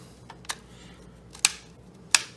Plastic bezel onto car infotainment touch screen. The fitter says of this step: we go we heard it snap in